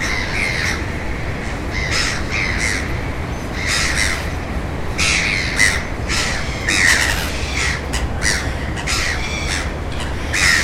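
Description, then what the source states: Gulls calling, a busy series of harsh squawks and yelps over a constant low roar of waves or wind. At the ocean.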